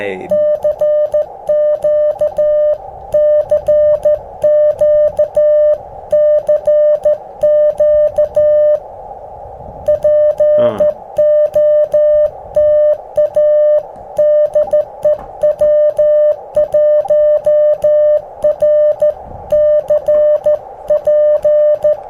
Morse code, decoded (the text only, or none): CQ CQ CQ POTA DE W1RCP